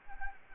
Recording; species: mosquito wingbeat signal from an infrared sensor; Anopheles arabiensis